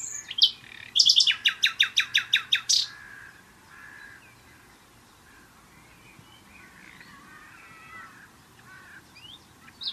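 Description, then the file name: Common nightingale song opening with sharp notes, then a rapid series of loud, evenly spaced notes, followed by quieter warbling. "Luscinia megarhynchos"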